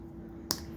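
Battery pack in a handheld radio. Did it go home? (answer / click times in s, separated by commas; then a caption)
released / 0.5 s. After unlocking, the release push button on a Yaesu FT-70D handheld radio is pressed and the battery pack pops up out of the radio. A single sharp click sounds at 0.5 s over a quiet, steady background. The battery is released.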